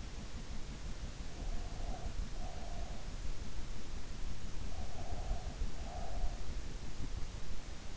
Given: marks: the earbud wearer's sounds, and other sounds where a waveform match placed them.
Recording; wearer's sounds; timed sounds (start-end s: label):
sounds in sleep by an in-ear microphone; breath
1.40-2.95 s: breath
4.64-6.45 s: breath